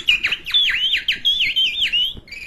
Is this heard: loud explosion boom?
no